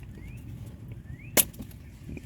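A plug is pushed into its socket on a Durango while listening for a click. Over a low background rumble with faint rising chirps, a single sharp knock lands around 1.4 s, but no clear click follows. The plug has not seated or clicked yet; it was not in right.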